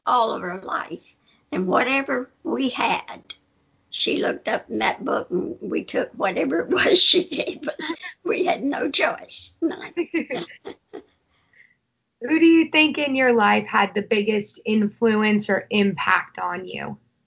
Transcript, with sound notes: all of her life, and whatever we had, she looked up in that book and we took whatever it is she gave us. We had no choice- (laughter)
Who do you think in your life had the biggest influence or impact on you?